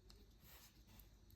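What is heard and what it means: The other half of a plastic key fob shell is handled against the remote key body and battery module during a battery replacement on a VW Polo, Lupo, Golf, Fox or Passat key. Faint plastic handling noises and a few brief soft ticks are heard over a low background hum. Nothing has seated or clicked yet; the shell is not yet snapped shut.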